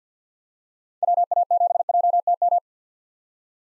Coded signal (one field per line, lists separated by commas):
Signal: Morse code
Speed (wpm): 48 wpm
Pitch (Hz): 700 Hz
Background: none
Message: WA7JTM